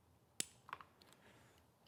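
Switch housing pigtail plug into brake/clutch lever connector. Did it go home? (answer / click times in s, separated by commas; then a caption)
yes / 0.4 s. During a 2024-2026 Road Glide handlebar install, the pigtail plug from the switch housing is pushed into the connector on the brake/clutch lever. A sharp, loud snap at 0.4 s marks it seating, followed by a few quieter clicks and handling sounds around 0.7–1.1 s. The connector is seated.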